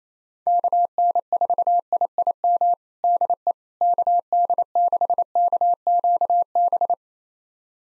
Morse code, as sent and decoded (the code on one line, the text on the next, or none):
-.- -. ....- .. .. -- / -.. . / -.- -.. -.... -.- --.- -...
KN4IIM DE KD6KQB